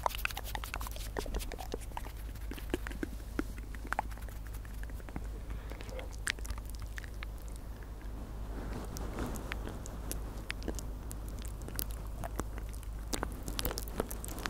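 Mouth sounds and soft, inaudible whispering fill the fifteen seconds: frequent small wet clicks and smacks, some sharp and bright, scattered irregularly throughout. A steady low hum runs underneath, and around the ninth second a breathy, murmuring passage thickens briefly.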